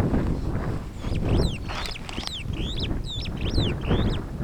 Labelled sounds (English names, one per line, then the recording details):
Superb Starling flight call
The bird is a male
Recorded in Kenya on 21 July 2010
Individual 90, of group SRB1